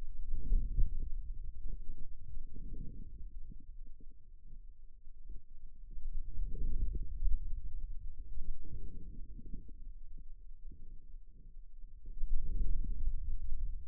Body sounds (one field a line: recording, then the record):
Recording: forearm muscle sounds (acoustic myography)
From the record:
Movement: hand closing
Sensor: system 2, bracelet of six BSWA MPA416 microphones around the upper forearm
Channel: 5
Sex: male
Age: 22 years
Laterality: right